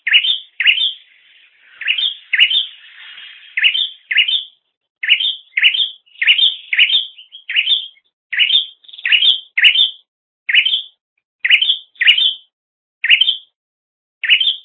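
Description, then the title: Bird chirping: steady series of sharp upslurred chirps with a soft twittering passage early on. "kikicau"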